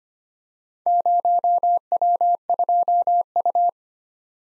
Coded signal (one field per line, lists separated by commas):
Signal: Morse code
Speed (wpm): 25 wpm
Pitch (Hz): 700 Hz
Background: none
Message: 0W2U